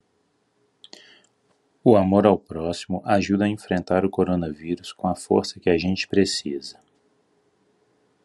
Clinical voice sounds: spoken sentence; Brazilian Portuguese; male; 40 to 49 years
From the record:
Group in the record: control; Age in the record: 40 years

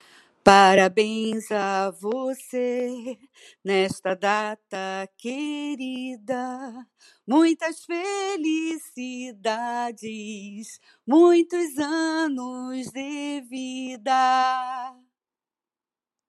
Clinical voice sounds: short text; Brazilian Portuguese; female; 50 to 59 years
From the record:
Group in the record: control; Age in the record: 56 years

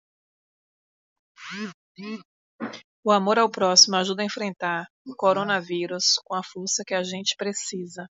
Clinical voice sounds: spoken sentence; Brazilian Portuguese; female; 40 to 49 years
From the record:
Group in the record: control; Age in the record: 42 years

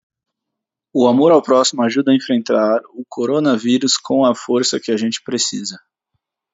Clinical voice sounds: spoken sentence; Brazilian Portuguese; male; 20 to 29 years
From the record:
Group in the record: control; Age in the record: 26 years

